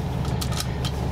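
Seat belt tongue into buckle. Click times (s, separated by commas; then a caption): 0.4 s. During an in-cab inspection, the driver pushes a metal seat belt tongue into its buckle to check that it works. A sharp click sounds at 0.4 seconds over a steady low engine-like hum, followed by another brief click at 0.6 seconds. The belt latches and locks securely in place.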